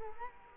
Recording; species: mosquito wingbeat signal from an infrared sensor; Culex quinquefasciatus